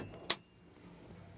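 A steel removable tow bar arm is slid into the base plate receiver on the other side of a 2023 Chevrolet Equinox and rotated about a quarter turn. It locks in place with a sharp metallic click at 0.3 s against quiet background noise, and the arm is seated.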